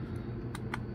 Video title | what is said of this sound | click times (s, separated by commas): DIY Remote Control - Part 6 : Complete Assembly - Nova SpotMicro3 v5.2 | screen snaps right in not too tight because that would not be good for the whole leds | 0.5 s, 0.7 s